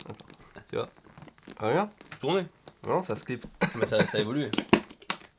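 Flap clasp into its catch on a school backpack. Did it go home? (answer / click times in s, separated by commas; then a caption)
yes / 5.1 s. Someone talks while the metal clasp on the flap of a Japanese school backpack is closed onto its catch, which now clips itself shut with a small button. A sharp snap at 5.1 seconds confirms the clasp is seated.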